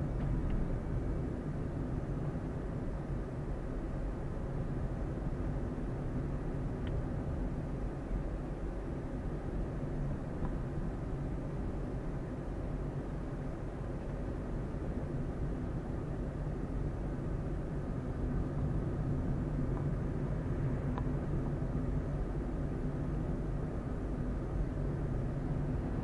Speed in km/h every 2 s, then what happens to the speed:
33, 33, 32, 32, 32, 32, 31, 32, 32, 33, 33, 34, 33.
0-26 steady at about 32.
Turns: none.